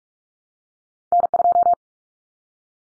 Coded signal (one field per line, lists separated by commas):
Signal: Morse code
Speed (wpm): 44 wpm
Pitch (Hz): 700 Hz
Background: none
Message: N2